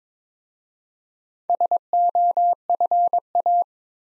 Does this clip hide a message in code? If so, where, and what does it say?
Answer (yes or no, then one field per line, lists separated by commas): yes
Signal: Morse code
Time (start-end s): 1.5-3.6 s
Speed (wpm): 22 wpm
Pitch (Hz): 700 Hz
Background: none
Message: SOFA